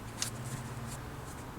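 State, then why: Seated. A small removable plastic access panel over the master cylinder area of a 2013 Toyota Prius V is pushed into the cowl trim, giving one short, sharp snap at 0.2 s over a steady low hum. The panel seats in place.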